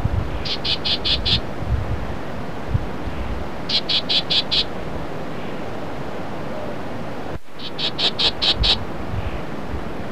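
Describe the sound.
Black-tailed gnatcatcher calling in three bursts of five or six harsh, raspy high notes in quick succession, over steady low background noise.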